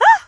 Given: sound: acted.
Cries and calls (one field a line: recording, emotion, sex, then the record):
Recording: nonverbal affect burst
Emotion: surprise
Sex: female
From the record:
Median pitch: 826 Hz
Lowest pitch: 452 Hz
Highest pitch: 913 Hz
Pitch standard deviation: 150 Hz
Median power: 76.4 dB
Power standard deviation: 16.0 dB